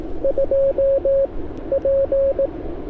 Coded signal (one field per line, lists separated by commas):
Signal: Morse code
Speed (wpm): 18 wpm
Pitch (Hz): 500 Hz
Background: radio noise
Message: 2 P